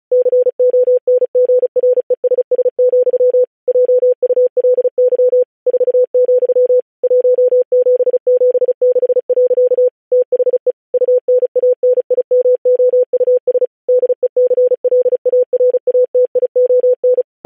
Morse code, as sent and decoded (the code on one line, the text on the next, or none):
-.-. --- -. --. .-. . ... ... --..-- / .--- ..- .-.. -.-- / ....- --..-- / .---- --... --... -.... .-.-.- / - .... . / ..- -. .- -. .. -- --- ..- ... / -.. . -.-. .-.. .- .-. .- - .. --- -.
CONGRESS, JULY 4, 1776. THE UNANIMOUS DECLARATION